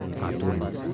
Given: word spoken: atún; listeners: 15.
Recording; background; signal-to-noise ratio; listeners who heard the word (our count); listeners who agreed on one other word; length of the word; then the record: one Spanish word in noise, from a listening test; eight-talker babble; -0.4 dB; 1 of 15; 9 of 15; 0.54 s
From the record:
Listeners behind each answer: 9, 2, 1, 1, 1, 1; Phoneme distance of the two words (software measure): 31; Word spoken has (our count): 2 syllables, 4 phonemes, stress on syllable 2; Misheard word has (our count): 3 syllables, 7 phonemes, stress on syllable 2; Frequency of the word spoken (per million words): 4.23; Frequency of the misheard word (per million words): 3.91